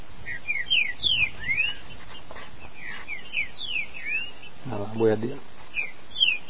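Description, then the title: Green-winged saltator song: many sweeping whistled notes in steady succession, with a brief low, harsh, buzzy sound partway through. "Trinca Ferro"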